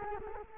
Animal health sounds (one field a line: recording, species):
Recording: mosquito wingbeat signal from an infrared sensor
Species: Culex quinquefasciatus